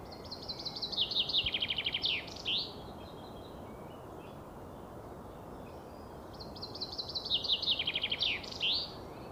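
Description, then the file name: Common chaffinch delivering two full songs about six seconds apart, each a rapid cascade of sweet trilled notes falling in pitch and finished with a crisp terminal flourish. "Fringilla coelebs"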